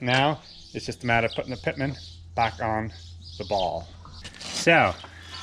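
Someone talks while handling the steel pitman arm socket of a horse-drawn mowing machine, getting ready to push it down over the ball on the drive, with a steady low hum underneath. The clip ends before the socket goes onto the ball, so nothing has seated or clicked yet.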